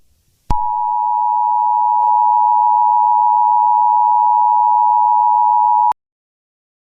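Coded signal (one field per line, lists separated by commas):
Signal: Emergency Alert System (SAME) tones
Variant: 853 and 960 Hz attention tone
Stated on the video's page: Fictional SCP-themed EAS alert for Illinois, not affiliated with the state emergency management agency.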